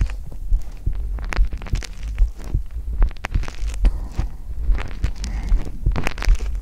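Soft, deep thumps repeat at about 73 per minute in a steady rhythm over a low background hum. It is an adult heartbeat heard through a black 3Dio binaural microphone pressed to bare skin.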